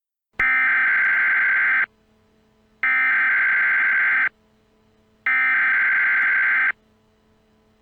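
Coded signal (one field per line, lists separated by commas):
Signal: Emergency Alert System (SAME) tones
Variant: header bursts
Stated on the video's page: Fictional nuclear attack scenario made for fun; tones may or may not be valid.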